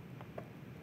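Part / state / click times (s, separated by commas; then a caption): cap on in-ground termite bait station / seated / 0.2 s, 0.4 s. A plastic cap is put back on an in-ground termite bait station over the pine monitoring blocks and turned or pressed until it locks into place. Two short clicks are heard at 0.2 s and 0.4 s, and the cap is seated.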